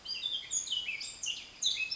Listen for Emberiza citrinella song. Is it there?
no